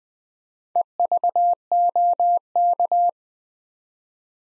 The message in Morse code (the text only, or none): EVOK